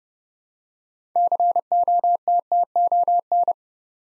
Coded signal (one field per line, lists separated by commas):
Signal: Morse code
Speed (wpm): 30 wpm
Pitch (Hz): 700 Hz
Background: none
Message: COTTON